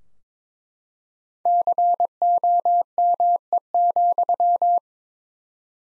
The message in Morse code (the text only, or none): COME,